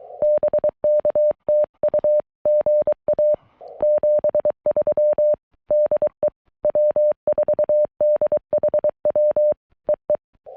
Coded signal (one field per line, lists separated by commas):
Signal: Morse code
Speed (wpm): 23 wpm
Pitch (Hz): 590 Hz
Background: none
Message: BK TU GA 73 DE W4DHW EE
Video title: 11-26-25 Afternoon POTA Activation At US 9935